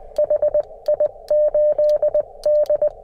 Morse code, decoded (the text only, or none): HI8D